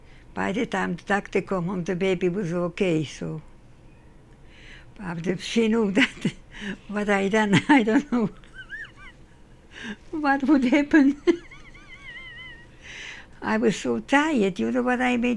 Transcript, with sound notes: By the time the doctor come the baby was ok so... but if she knew that, what I'd done I don't know (Laughs) what would happen. I was so tired, you know what I mean?